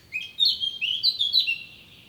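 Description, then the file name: Eurasian blackcap song: a brisk, clear warbled phrase of rising and falling high notes lasting about a second and a half, then quiet. "Sylvia atricapilla"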